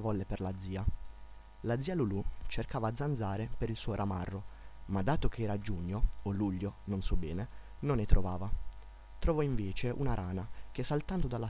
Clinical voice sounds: read passage; Italian; male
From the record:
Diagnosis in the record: healthy control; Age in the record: 19 years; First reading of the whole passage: 46 s, 11.4 characters per second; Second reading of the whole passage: 54 s, 9.6 characters per second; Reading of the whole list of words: 54 s, 5.2 characters per second

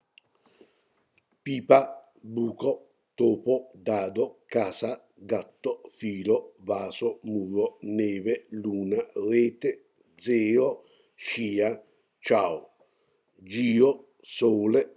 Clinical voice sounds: read list of words; Italian; male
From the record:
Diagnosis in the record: healthy control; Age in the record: 68 years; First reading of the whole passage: 59 s, 8.7 characters per second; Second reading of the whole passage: 51 s, 9.9 characters per second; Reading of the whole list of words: 42 s, 6.7 characters per second

